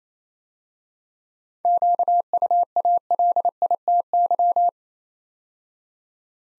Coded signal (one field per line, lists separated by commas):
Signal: Morse code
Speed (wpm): 29 wpm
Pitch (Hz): 700 Hz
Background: none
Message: QUALITY